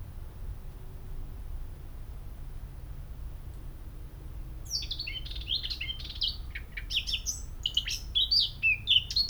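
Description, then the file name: Eurasian blackcap song: quiet background for several seconds, then a fast jumble of high, varied twittering notes begins halfway through. "Sylvia atricapilla"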